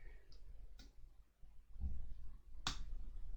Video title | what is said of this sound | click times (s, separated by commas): Build The Spitfire Issue 58 | And that's just popped into place just like that. | 2.7 s